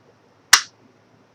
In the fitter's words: And snaps right into place.